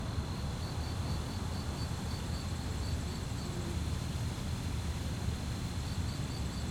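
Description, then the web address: Crickets giving rapid high chirps in a continuous pulsing band, with a fainter second chirping layer above and a constant low rumble underneath. Fast-chirping crickets at night on a quiet street, with distant activities and slight wind. "GDC 2017-Game Audio Bundle Articulated Sounds - Quiet Streets QUIET STREET Night fast chirp crickets, distant activities, slight wind"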